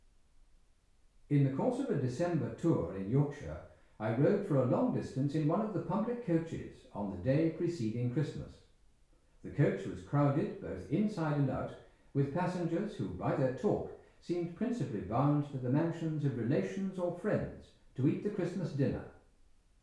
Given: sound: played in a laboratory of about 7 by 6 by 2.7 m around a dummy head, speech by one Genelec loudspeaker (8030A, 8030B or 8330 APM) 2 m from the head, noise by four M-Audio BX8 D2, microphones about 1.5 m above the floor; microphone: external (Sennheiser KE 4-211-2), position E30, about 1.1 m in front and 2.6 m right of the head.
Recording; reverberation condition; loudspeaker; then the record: male speech in English; medium; 60 degrees to the right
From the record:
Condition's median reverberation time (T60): about 510 ms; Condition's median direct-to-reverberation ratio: about -0.5 dB